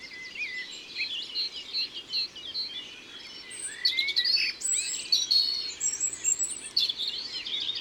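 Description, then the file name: European robin song: high, thin, tumbling warbled phrases with sliding whistles and fine twitters, pausing briefly between bursts, over a faint steady background hiss. Recorded in Isère, France. "Rougegorge familier - Concerts naturels de l Isere - Studio Les Trois Becs"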